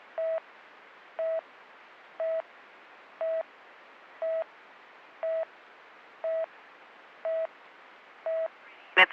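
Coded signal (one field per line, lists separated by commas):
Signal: none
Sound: radio talk-permit beeps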